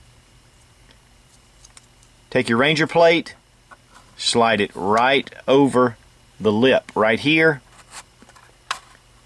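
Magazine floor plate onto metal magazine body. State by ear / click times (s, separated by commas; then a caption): seated / 8.7 s. A polymer Ranger plate floor plate is slid over the lip of a metal rifle magazine body while someone talks, with a few faint ticks in the background. A sharp click at 8.7 s marks the plate seating into place on the magazine.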